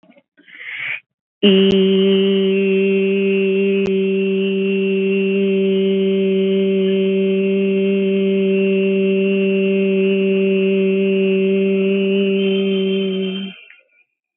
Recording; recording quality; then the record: sustained vowel as in beet; excellent, no background noise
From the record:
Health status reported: COVID-19 positive, no symptoms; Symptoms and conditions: sore throat, fatigue, muscle pain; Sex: female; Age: 24 years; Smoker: not ticked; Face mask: not worn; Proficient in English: yes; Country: India